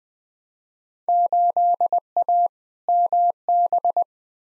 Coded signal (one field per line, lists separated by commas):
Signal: Morse code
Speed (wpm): 20 wpm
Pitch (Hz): 700 Hz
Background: none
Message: 8A MB